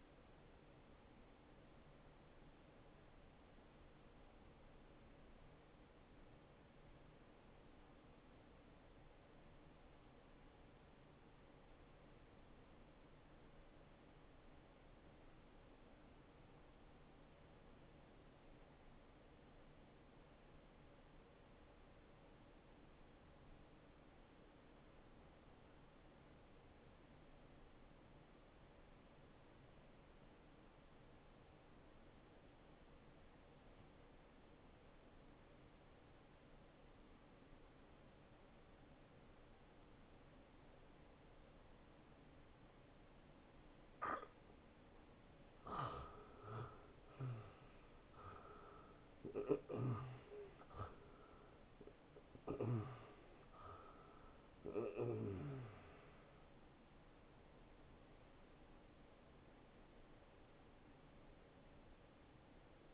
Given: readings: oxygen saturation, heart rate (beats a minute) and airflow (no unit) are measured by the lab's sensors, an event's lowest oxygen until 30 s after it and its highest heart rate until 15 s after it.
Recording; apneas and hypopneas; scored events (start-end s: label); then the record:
breathing in sleep by a voice recorder at the bedside; 1
10.00-46.40 s: obstructive apnea (N1, oxygen 94% highest, then 81% lowest, heart rate 65 at the start, 80 highest)
12.00-42.00 s: new sleep stage, N2 (light sleep)
42.00-62.94 s: new sleep stage, N1 (lightest sleep)
From the record:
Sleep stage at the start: N1 (lightest sleep); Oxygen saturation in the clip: 81 to 94%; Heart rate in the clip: 53 to 80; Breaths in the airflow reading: 6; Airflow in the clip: -15.7 to 10.5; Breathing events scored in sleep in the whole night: 263 in 5.5 hours asleep